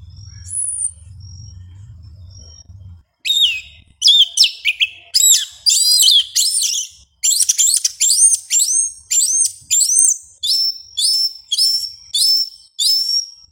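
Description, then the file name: Yellow-legged thrush song after a low background rumble: varied bright phrases, then a series of similar whistled notes repeated in quick succession. "Canto do sabia una"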